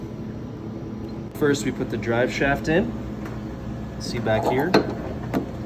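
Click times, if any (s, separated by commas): 5.3 s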